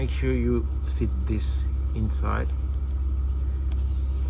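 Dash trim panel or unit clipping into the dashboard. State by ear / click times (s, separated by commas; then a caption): not seated / none. Someone talks while a dash trim panel or unit is set inside its opening in a Jeep dashboard during an Apple CarPlay/Android Auto install, over a steady low rumble with a few faint ticks. The part is only being handled here; nothing has seated or clicked into place yet.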